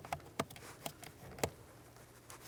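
A plastic wiring harness connector is pushed onto the terminal of the HVAC blower motor on a 1999-2003 Toyota Solara, and it clicks in at 0.4 s and is seated, locked so it holds when tugged. Other short plastic ticks are heard at about 0.1, 0.9, 1.4 and 2.5 s over a faint background hum.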